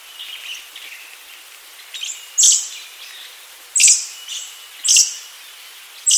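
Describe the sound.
Little Lorikeet giving several short, shrill, high-pitched screeches.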